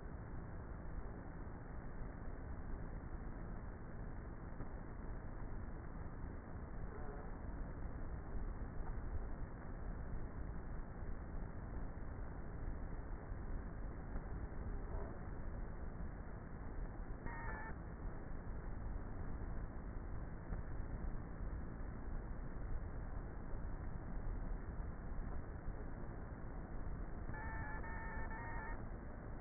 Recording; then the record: honeybee colony, microphone inside the hive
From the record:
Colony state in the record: queenless with a low population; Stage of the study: before two queens were removed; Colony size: about 30,000 bees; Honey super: no